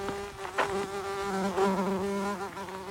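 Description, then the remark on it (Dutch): A bumblebee buzzes steadily with a low, rich drone that wavers in pitch and loudness as it moves about among red poppies in a vegetable garden, with no voices. “Ik wou bijengeluid opnemen, maar die hommel, vooral de hommels werken goed mee.”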